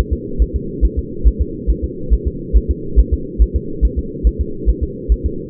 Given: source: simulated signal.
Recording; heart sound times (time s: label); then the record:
fetal heart sounds
0.13 s: S2
0.42 s: S1
0.56 s: S2
0.85 s: S1
0.99 s: S2
1.27 s: S1
1.41 s: S2
1.70 s: S1
1.84 s: S2
2.13 s: S1
2.27 s: S2
2.56 s: S1
2.70 s: S2
2.99 s: S1
3.13 s: S2
3.42 s: S1
3.56 s: S2
3.85 s: S1
3.99 s: S2
4.27 s: S1
4.41 s: S2
4.69 s: S1
4.83 s: S2
5.12 s: S1
5.26 s: S2
From the record:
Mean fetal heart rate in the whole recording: 140 bpm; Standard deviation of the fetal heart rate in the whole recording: 2 bpm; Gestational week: 34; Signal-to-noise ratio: -4.3 dB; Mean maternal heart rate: 72 bpm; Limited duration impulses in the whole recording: absent